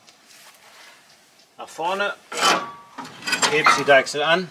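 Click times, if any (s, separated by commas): none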